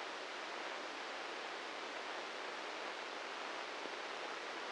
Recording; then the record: brain microelectrode recording played as sound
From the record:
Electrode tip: inside the subthalamic nucleus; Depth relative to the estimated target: -1 mm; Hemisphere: right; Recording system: NeuroSet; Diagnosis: Parkinson's disease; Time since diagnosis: 13 years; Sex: male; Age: 63 years